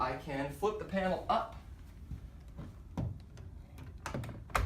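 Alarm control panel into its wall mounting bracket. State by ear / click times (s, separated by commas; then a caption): seated / 4.6 s. Someone talks, then an IQ alarm control panel, with its battery just plugged in, is swung up and into its wall-mounted back bracket, with a few light knocks around 3.0 s and 4.1 s. A sharp, loud snap at 4.6 s marks the panel latching into the bracket, seated in place.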